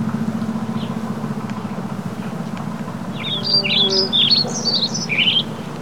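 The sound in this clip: Birds twittering in quick high chirps and short swooping notes during the second half, over a constant low engine-like rumble.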